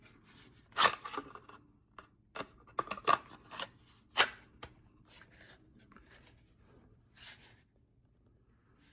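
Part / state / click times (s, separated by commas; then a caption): weapon light onto pistol accessory rail / not seated / none. An Olight PL-X weapon light is fitted onto the accessory rail of a Staccato C4X pistol frame, making short scrapes, rustles and a few sharp clacks of metal and plastic against the rail. The light slides on and fits but does not snap in, so nothing has clicked into place yet, and the clamp is to be loosened.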